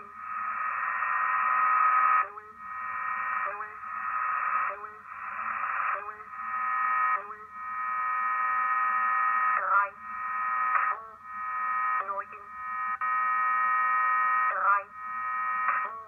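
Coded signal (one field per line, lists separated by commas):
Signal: numbers station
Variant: G06, German language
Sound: a steady, droning synthetic voice speaks about 11 evenly spaced words over radio static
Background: radio static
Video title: Deutscher Zahlensender G06 WebSDR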